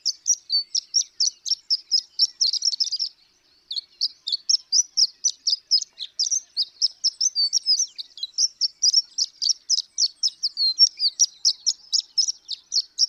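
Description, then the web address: Horned lark song of fast, high tinkling notes, stopping briefly near the three-second mark, then resuming in a long jangling stream. "birdsongforthecurious Horned Lark"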